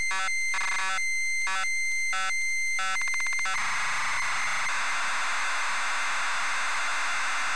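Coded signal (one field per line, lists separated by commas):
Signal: ZX Spectrum tape loading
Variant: ZX Spectrum +3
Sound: steady high tone broken by buzzy bursts and clicks, then a harsh, continuous screeching hiss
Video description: ZX Spectrum load up and quick game play of SpellBound 128k loaded up using a zx spectrum +3 with a wh smith cpd8300 cassette player.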